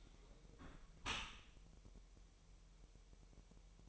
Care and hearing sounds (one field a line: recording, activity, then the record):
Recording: daily activity, microphone in the room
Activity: close dishwasher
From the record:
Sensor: 1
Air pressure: 1000.7 hPa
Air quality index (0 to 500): 248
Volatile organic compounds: 146 ppm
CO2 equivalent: 4005 ppm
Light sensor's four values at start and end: 11/28/11/12 and 11/28/11/12